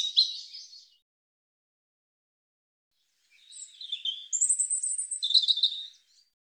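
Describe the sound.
European robin singing brief high sweet phrases; a short twittering burst, a pause of about two seconds, then a longer warbled phrase mixing thin whistles and trills.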